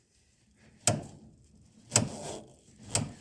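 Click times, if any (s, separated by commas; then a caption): 0.9 s, 2.0 s, 3.0 s. In a 1934 Ford sedan, the handbrake lever is pulled up and its ratchet pawl engages successive detents. Three sharp clicks ring out at 0.9, 2.0 and 3.0 seconds, each followed by a short rattling tail. The brake sets through three detents.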